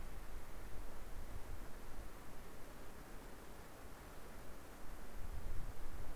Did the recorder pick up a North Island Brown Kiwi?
no